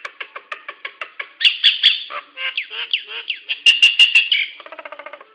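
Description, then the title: Nias hill myna giving rapid repeated clicking notes, then harsh squawks and whistled chatter. The bird finishes with a fast rasping rattle. "Burung jalak nias"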